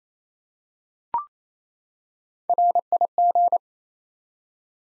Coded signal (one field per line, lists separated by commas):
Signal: Morse code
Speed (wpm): 28 wpm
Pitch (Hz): 700 Hz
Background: none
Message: RIG